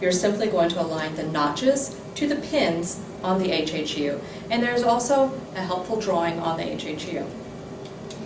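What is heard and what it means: A disposable cervical guide is being lined up with its notches to the pins on a LuViva handheld scanning unit while a woman talks. The guide has not yet been turned to lock, and nothing has seated or clicked yet.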